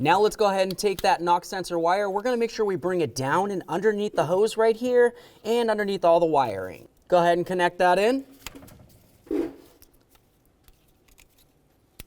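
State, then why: Seated. Someone talks while the knock sensor wire on a 2006–2010 Ford Explorer is routed down under a hose and the wiring. After some quiet handling sounds, the plastic knock sensor wire connector is pushed into its harness plug and clicks at 12.0 s, showing it is seated.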